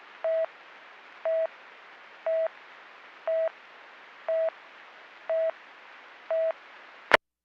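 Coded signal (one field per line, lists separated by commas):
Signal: none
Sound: radio talk-permit beeps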